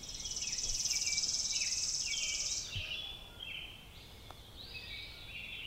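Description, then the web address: Robin song, short high warbled phrases in a loose series, with a loud steady insect buzz over the first half that then drops away. "Sounds of Nature Robins"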